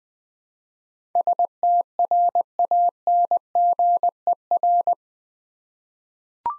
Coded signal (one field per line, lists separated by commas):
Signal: Morse code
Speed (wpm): 20 wpm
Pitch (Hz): 700 Hz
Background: none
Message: STRANGER